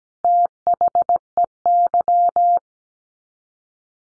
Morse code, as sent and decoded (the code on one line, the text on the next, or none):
- .... . -.--
THEY